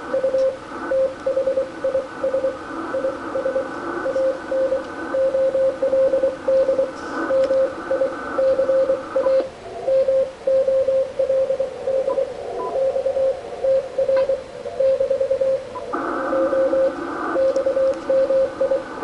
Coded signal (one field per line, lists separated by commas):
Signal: Morse code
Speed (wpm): 23 wpm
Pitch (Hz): 530 Hz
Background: radio noise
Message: U THIS IS AN OLD MICA MOLD XTR - O XMI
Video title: 1940's HAM TRANSMITTER "MICA MOLD"